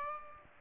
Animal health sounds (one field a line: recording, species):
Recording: mosquito wingbeat signal from an infrared sensor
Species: Aedes aegypti